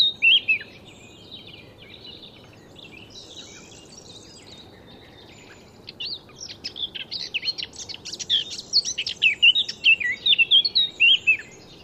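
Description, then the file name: Eurasian blackcap singing: a brief opening note, a long pause, then a lively warble of rapid notes that grows into loud, clear whistled flourishes. "Sylvia atricapilla"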